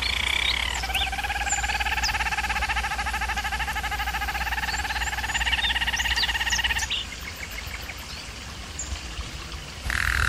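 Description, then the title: German Roller canary song: a sustained, buzzy rolling trill holds steady for several seconds, then stops abruptly, leaving quieter chirps over a low background hum. Canary training recording of a German Roller canary singing. "German Roller Canary Singing - Canary Training Vid"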